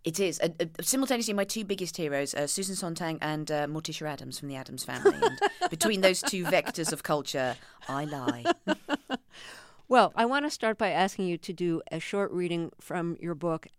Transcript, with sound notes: Simultaneously my two biggest heroes are Susan Sontag and Morticia Addams from "The Addams Family..."
(Laughter).
…And between those two vectors of culture, I lie.
(Laughter) Well, I want to start by asking you to do a short reading from your book.